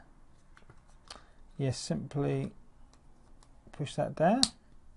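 The plastic cover of a Volvo XC90 car key fob is handled over the fob body during a battery change, while someone talks. Faint handling ticks come through, but nothing has seated or clicked into place yet.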